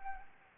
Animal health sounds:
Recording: mosquito wingbeat signal from an infrared sensor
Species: Anopheles arabiensis

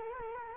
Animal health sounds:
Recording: mosquito wingbeat signal from an infrared sensor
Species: Culex quinquefasciatus

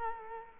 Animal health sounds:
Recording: mosquito wingbeat signal from an infrared sensor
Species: Culex quinquefasciatus

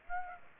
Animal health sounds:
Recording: mosquito wingbeat signal from an infrared sensor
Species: Aedes aegypti

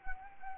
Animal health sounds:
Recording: mosquito wingbeat signal from an infrared sensor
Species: Anopheles gambiae

